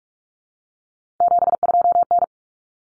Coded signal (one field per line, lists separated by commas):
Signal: Morse code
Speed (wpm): 44 wpm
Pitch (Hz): 700 Hz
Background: none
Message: 72N